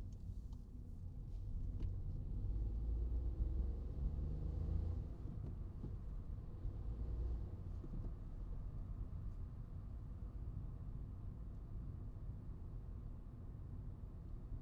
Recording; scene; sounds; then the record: everyday scene through a hearing-aid microphone; in a vehicle; engine, traffic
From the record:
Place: Skoda Fabia, gasoline engine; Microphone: in the ear canal, right